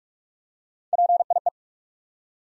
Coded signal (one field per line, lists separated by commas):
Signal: Morse code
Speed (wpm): 44 wpm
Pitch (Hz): 700 Hz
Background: none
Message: PIE